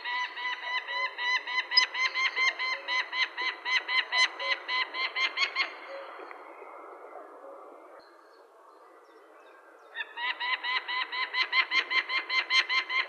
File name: suara alap kawah